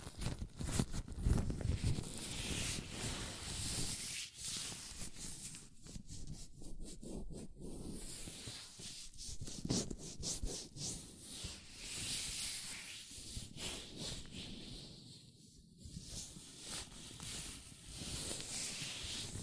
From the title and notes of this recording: ASMR Latex Gloves Hand Sounds (No Talking).